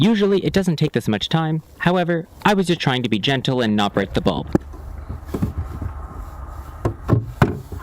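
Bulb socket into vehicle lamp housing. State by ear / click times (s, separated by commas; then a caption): seated / 7.4 s. Someone talks while a plastic bulb socket, lined up by its notches, is inserted into the slot of a vehicle lamp housing and twisted gently so as not to break the bulb. After the talk ends, soft scraping and several small knocks are heard, and the sharpest hit at 7.4 s is the socket locking into the housing, seated.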